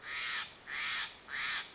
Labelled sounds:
Steller's Jay
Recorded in Sonoma County, California

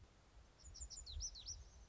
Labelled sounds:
Lazuli Bunting
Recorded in Sonoma County, California

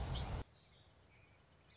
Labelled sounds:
Song Sparrow
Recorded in Sonoma County, California

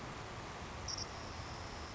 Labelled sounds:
Savannah Sparrow
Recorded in Sonoma County, California

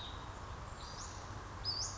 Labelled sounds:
Western Flycatcher
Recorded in Sonoma County, California

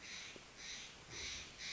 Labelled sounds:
Steller's Jay
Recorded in Sonoma County, California

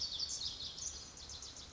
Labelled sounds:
Pacific Wren
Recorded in Sonoma County, California

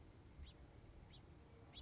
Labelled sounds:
House Finch
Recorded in Sonoma County, California

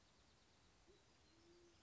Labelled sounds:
Band-tailed Pigeon
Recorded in Sonoma County, California

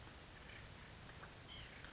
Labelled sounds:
White-breasted Nuthatch
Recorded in Sonoma County, California

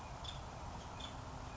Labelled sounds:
Nuttall's Woodpecker
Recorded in Sonoma County, California

